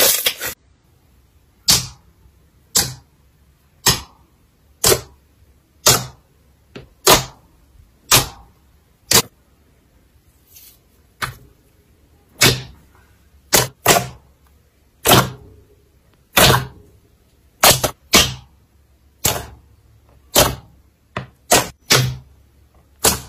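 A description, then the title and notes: Slime being pressed and pulled, making sharp, wet popping clicks about once a second, sometimes in quick pairs near the end. Each pop is crisp and bright and fades fast. Between them it is quiet, with only a faint low hum. Satisfying Slime ASMR.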